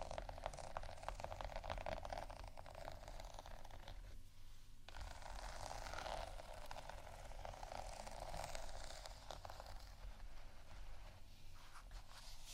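Scratching and tapping on textured items runs continuously, a dense rasping texture with quick irregular taps throughout. A low steady beat pulses underneath. The scratching briefly thins around four seconds and again near nine, then resumes at a steady level.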